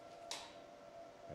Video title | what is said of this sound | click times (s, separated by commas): ECHO By Quanta Systems - Treatment Video | spot size you notice stayed in place the entire time and now we're just going to slide that hand piece back until it clicks | 0.3 s